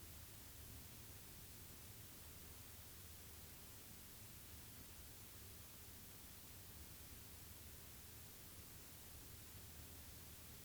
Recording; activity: daily activity, guitar pickup as the sensor; sit